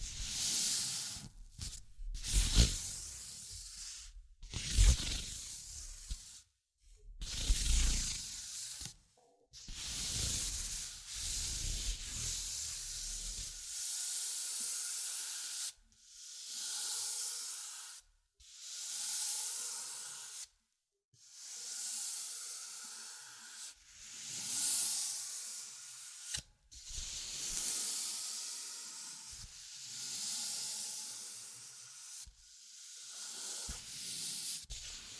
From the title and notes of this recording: ASMR Simple But Effective Tapping, Scratching, Tracing and Panning (No Talking).